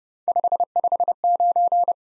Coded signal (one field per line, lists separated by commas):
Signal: Morse code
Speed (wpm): 38 wpm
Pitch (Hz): 700 Hz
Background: none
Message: 559